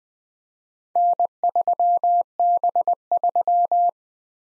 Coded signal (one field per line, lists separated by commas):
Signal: Morse code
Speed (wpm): 20 wpm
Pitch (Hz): 700 Hz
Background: none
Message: N3B3